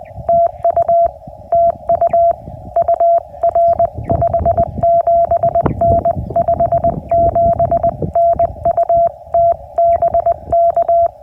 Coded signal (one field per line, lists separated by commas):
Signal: Morse code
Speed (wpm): 20 wpm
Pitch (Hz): 680 Hz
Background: none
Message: TU TU UR 57N 57N UT BK